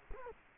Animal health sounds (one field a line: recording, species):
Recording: mosquito wingbeat signal from an infrared sensor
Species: Culex quinquefasciatus